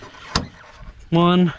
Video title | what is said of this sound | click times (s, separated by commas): How To Replace '07 - '14.5 Chevy Silverado Headlights(Assembly OR Bulbs) | so they pop into place | 0.4 s